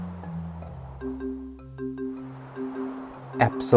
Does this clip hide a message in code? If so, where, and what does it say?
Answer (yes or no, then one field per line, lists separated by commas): no